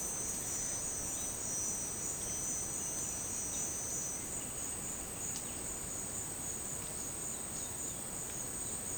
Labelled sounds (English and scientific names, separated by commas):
Black-striped Sparrow (Arremonops conirostris)